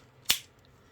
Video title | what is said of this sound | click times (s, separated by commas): Great Mazinger DX soc. | this should snap right in | 0.3 s